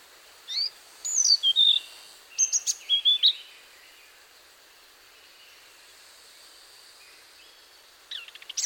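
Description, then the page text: Hainan blue flycatcher song: a few high sweet whistled phrases with slurred falling notes, then several seconds of steady background hiss and a brief final burst. "Antero Lindholm - Хайнаньская голубая мухоловка-циорнис (Cyornis hainanus)"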